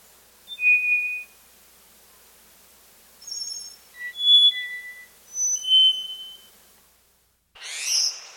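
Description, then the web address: Black-faced solitaire song: pure, flute-like whistled notes held at shifting pitches, in short phrases, ending with a harsher burst of sound. South America. "Natures Songs S America Black-Faced Solitaire"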